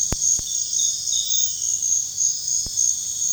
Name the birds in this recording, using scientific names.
none